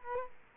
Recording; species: mosquito wingbeat signal from an infrared sensor; Culex quinquefasciatus